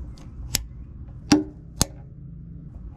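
A 4-pin trailer wiring harness connector is pushed into its mating vehicle harness plug under a Ford Transit van. After a faint tick near 0.2 s and a sharp tick at 0.6 s, two crisp clicks ring out at 1.3 s and 1.8 s. The connector is seated and solidly connected to the wires that run to the back of the trailer.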